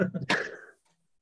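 A couple of brief, low voiced catches build up, then one sudden explosive burst of breath trails off over about half a second. It is a single adult sneeze, heard in a quiet room.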